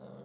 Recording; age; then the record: pig call; piglet (1 to 25 days)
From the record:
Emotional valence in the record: negative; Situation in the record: short isolation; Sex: female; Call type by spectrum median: low-frequency call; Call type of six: low-frequency stable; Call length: 0.25 s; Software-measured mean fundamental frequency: 67 Hz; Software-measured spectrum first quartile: 188 Hz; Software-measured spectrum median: 392 Hz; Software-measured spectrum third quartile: 636 Hz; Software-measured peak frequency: 196 Hz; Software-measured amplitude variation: 117 dB a second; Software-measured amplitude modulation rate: 21.9 a second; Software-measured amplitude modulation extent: 5.3 dB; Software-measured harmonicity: 1.3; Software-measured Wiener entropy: 0.29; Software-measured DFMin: 1868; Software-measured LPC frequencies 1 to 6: 527, 1222, 3574, 5465, 6146, 6693 Hz